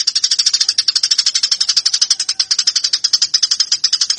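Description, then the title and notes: Eurasian tree sparrow giving a fast, unbroken run of harsh, high chirps, steady throughout. Fighting call used as master training audio for cage birds. "MASTER GEREJA TARUNG 1. burung gereja"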